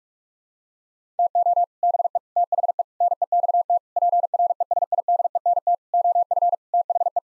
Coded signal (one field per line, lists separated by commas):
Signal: Morse code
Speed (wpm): 41 wpm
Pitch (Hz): 700 Hz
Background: none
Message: TO BE THE NEXT PRESIDENT OF THE